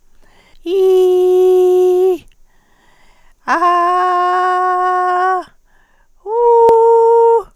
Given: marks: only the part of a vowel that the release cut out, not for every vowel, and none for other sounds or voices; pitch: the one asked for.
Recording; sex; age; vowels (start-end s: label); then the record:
sustained vowels; female; 60 to 69 years
0.76-2.12 s: vowel /i/, high pitch
3.63-4.55 s: vowel /a/, high pitch
6.76-7.33 s: vowel /u/, high pitch
From the record:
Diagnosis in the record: recurrent laryngeal nerve paralysis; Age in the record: 68 years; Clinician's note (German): Frische strumiprive, mit inkompletter Kompensation